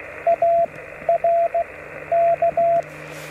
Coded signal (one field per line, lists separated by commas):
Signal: Morse code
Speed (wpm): 15 wpm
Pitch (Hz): 680 Hz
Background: radio noise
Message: AR K